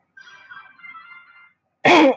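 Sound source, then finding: Man. Cough.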